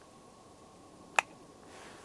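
A Mora Eldris knife is pushed back into its thermoplastic sheath, and the handle snaps into place with one sharp, bright click at 1.2 s against a quiet hiss. The knife is seated and secure, held by a friction fit between the thermoplastic handle and the sheath, where no click would mean no security.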